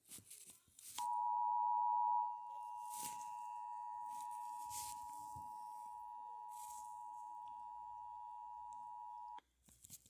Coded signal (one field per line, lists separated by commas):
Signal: Emergency Alert System (SAME) tones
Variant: 853 and 960 Hz attention tone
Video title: eas scenario inquisitormaster werewolfs